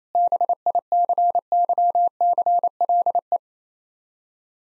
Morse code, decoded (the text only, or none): BICYCLE